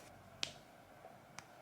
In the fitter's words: Can you hear that nice little click?